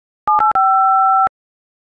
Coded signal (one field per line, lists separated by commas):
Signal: DTMF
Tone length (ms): 190 ms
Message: 785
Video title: Jaws theme song on iPhone keypad